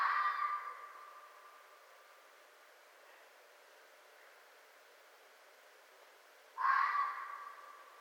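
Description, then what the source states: Red fox scream fading at the start, then a long quiet hiss before another abrupt hoarse cry near the end. Recorded 4 May 2011.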